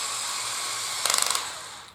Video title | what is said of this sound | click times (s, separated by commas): Mould King 13146 - Articulated Logging Truck (MOC 15805) - Review | when you hear the click | 1.1 s, 1.2 s, 1.3 s